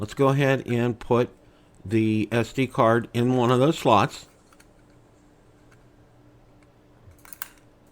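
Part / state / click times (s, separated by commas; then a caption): SD card into the card slot of a charging case / seated / 7.4 s. Someone talks for the first four seconds, then faint ticks follow as a microSD/SD card is pushed into one of the two SD card slots of a plastic LKTOP action camera portable charging case, plugged into a laptop. The card clicks into the slot with a sharp click at 7.4 s and is seated.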